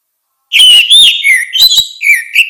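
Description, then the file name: Orange-headed thrush warbling a rich, varied string of whistled notes that rise and fall, with scratchy accents between the clearer whistles. "suara kicau burung anis merah"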